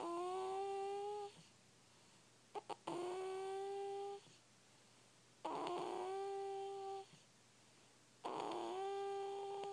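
Four steady, whistling, tonal snores, each about one and a half seconds long, come at a slow, fairly regular pace of roughly 21 a minute, with quiet pauses between. This is a whistling snore in a sleeping dog, Sam, who is a bit sick.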